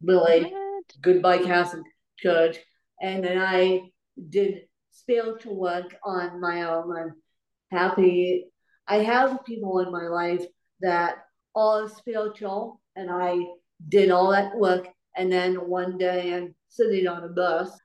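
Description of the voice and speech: An adult woman with cerebral palsy speaks in short bursts broken by frequent pauses, with blurred consonants, clipped longer words and a somewhat nasal quality. This is mild dysarthria of cerebral palsy.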